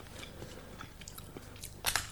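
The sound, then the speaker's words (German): Crunchy biting and chewing of cookies in the 1982 BR radio play Mit tödlicher Sicherheit, a steady run of crisp, dry crackles with a louder, sharper crunch near the end. No voices are heard. “Hören Sie doch endlich auf mit den blöden Keksen.”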